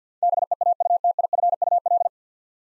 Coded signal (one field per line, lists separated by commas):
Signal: Morse code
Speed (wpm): 50 wpm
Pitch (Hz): 700 Hz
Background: none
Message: BEAUTIFUL